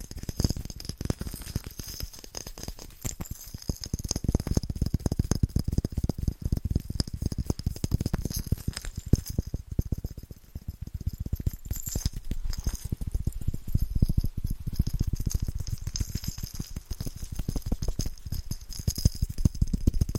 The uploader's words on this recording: ASMR Fast & Rhythmic Tapping with Christmas Presents No Talking.